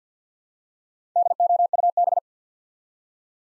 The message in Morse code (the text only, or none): DOUB